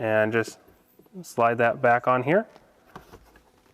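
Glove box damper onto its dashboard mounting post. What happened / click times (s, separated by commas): The damper arm is being slid toward its mount but has not yet seated / none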